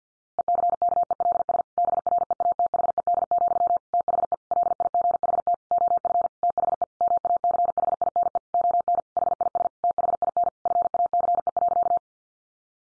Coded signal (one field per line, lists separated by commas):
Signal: Morse code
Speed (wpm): 50 wpm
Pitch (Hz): 700 Hz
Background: none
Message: ECKELS BREATHED, THE LIGHT OF THE MACHINE ON HIS THIN FACE.